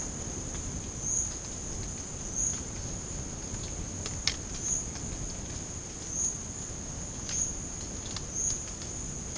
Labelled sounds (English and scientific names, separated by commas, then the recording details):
none
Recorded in dense forest near Puerto Asís, Putumayo, Colombia, on 25 June 2025 at 14:30
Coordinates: 0.486, -76.317
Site G065